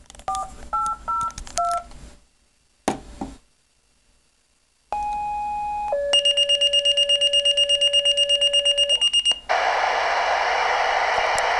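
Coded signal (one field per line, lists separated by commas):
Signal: two-tone page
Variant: Motorola Minitor IV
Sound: a steady tone, a second tone change, then fast high-pitched pager alert beeping and hiss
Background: radio static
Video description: Our club has a CAT-1000 controller capable of two tone paging.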